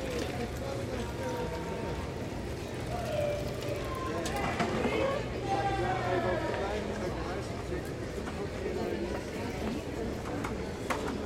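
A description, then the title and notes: Pedestrians fill the Vismarkt in Utrecht with a dense, steady murmur of overlapping voices. Clearer speech rises between about three and seven seconds, with some livelier, higher voices. A low rumble sits underneath throughout, and a few sharp clicks stand out near the end. General atmosphere, pedestrians on the Vismarkt, Utrecht. Recorded Saturday.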